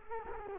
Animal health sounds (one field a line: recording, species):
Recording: mosquito wingbeat signal from an infrared sensor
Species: Culex quinquefasciatus